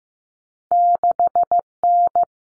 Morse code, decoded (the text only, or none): 6N